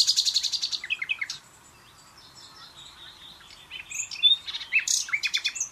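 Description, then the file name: Common nightingale song beginning with a fast repeated churring rattle, then softer whistled notes, followed by loud rapid chirps and trills. "Luscinia megarhynchos"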